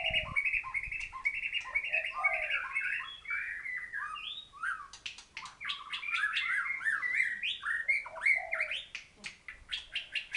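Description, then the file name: White-rumped shama song: a rich, varied stream of whistled phrases, slurred notes and sharp clicks and chatters, fluty low notes mixed with high buzzy bursts. Thailand. "murai thailand"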